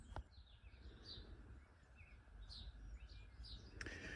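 A torque wrench tightens the crankcase bolts on a BSA Rocket Three Mk. 2 (A75RV) motorcycle engine to 15 foot-pounds each during final crankcase assembly. Two sharp clicks sound at 0.2 s and 3.8 s, confirming the wrench has reached its setting. Birds chirp over steady background noise throughout.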